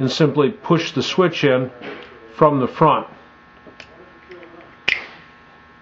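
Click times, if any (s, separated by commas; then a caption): 4.9 s. Someone talks while a padded rocker dash switch, with its wire clip fitted on the back, is pushed in from the front into the dashboard opening of an MGB. A few light handling taps follow, then a sharp snap at 4.9 s as the retaining clip catches. The switch is seated nice and firm in the panel.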